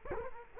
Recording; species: mosquito wingbeat signal from an infrared sensor; Culex quinquefasciatus